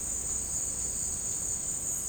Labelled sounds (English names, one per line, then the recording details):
none
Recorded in secondary vegetation near Puerto Asís, Putumayo, Colombia, on 23 June 2025 at 16:00
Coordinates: 0.484, -76.319
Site G074